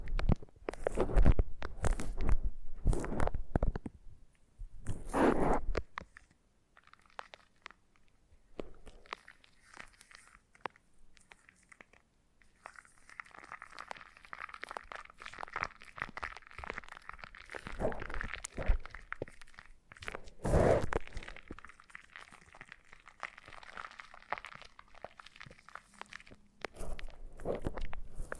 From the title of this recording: Foam Massage